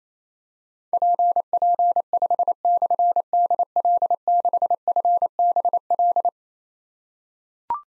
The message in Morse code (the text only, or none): PP5/DL6FBL